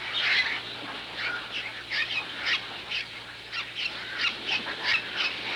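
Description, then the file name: Bird chirps in a steady busy stream of short high notes over a constant background hiss. "Layered Bird Sounds"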